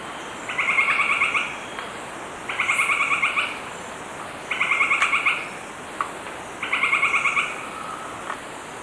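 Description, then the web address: Northern white-crowned tapaculo repeating short runs of fast pulsed notes roughly every two seconds, with a soft steady hiss and a few faint clicks behind. Ecuador. "S America Birds of Ecuador. Northern White-crowned Tapaculo"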